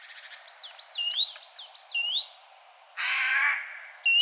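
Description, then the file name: Great tit giving a quick series of hooked, chirping notes with thin high squeaks, then a short harsh buzzy churr and a few more chirps. "Parus major"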